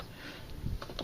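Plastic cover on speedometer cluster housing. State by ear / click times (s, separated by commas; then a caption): not seated / none. The clear plastic face cover of a 1998–2004 Volkswagen New Beetle speedometer is handled and pressed onto the speedometer cluster housing after the trip needle has been dropped back in. Light handling rustles and soft taps are heard. Nothing has seated or clicked yet.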